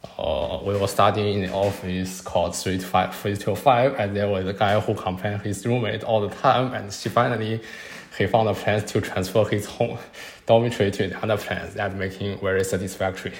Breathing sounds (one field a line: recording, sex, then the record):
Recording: free speech after running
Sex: male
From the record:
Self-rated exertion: moderate exertion (3 of 6)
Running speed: 8 miles an hour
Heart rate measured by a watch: 129 beats a minute at the start, 132 at the end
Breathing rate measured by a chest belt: 25 breaths a minute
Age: 25 years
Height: 174 cm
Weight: 71 kg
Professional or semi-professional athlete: no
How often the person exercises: 3 to 5 times a week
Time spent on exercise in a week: 2 to 3 hours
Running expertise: no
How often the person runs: 1 to 2 times a week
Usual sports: running, swimming, badminton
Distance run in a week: 8 km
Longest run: 10 km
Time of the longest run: 48 minutes